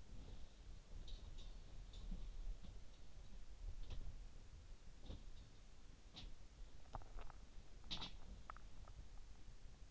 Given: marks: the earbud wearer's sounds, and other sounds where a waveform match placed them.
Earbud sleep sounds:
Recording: sounds in sleep by an in-ear microphone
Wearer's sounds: body movement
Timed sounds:
0.00-7.25 s: body movement
7.71-8.63 s: sound from someone else or the room

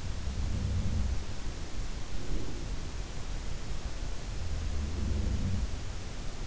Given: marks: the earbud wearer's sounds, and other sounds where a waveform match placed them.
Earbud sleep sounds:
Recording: sounds in sleep by an in-ear microphone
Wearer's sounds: breath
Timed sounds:
0.00-1.33 s: sound from someone else or the room
1.95-2.99 s: breath
4.44-5.88 s: sound from someone else or the room
4.73-5.88 s: breath

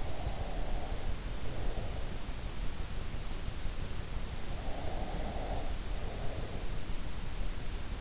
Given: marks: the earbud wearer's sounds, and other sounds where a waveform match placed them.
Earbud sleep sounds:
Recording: sounds in sleep by an in-ear microphone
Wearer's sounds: breath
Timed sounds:
0.00-2.26 s: breath
4.52-6.79 s: breath

